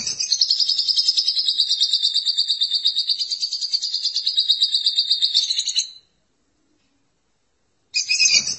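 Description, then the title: Lovebird giving a continuous, rapid, shrill twittering chatter for about six seconds, then silence, then the chatter bursts in again at the end. "BM Suara Burung Lovebird"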